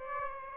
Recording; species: mosquito wingbeat signal from an infrared sensor; Aedes aegypti